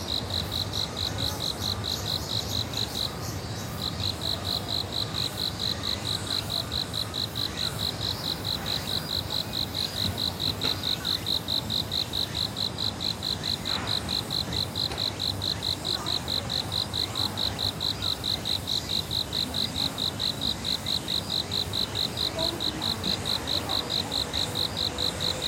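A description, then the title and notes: Quiet outdoor air in a park, dominated by a steady, fast, high-pitched insect trill that pulses evenly throughout, pausing briefly near the start. Underneath, a soft low rumble and faint murmur fill the background. Ueno Park - a quiet place. The recording location for 'Ueno Park - Quiet Place' is situated in Ueno Onshi Park in Tokyo. I discovered a 'Place of Silence' on one of the pathways within the park. Despite the hustle and bustle, it seemed that everyone had an unspoken agreement not to make noise and instead, they were listening to the silence amidst the commotion.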